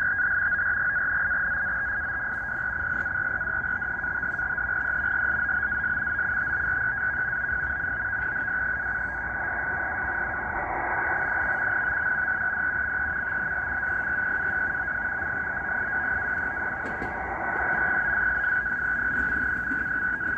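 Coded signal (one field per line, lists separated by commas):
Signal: NAVTEX (SITOR-B)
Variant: 100 baud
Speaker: it is decoding this uh he called with nunavut marine weather navtex broadcast quite well right now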